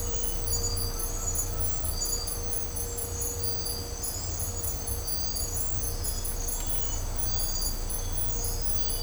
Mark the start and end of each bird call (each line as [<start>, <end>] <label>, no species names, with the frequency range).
[0.80, 2.00] bird call (0.9-1.9 kHz)